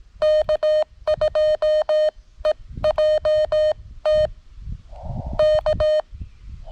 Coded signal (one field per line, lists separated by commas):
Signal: Morse code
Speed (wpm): 18 wpm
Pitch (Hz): 610 Hz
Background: none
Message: K2EJT K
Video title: When things go wrong.....CW POTA at K-5072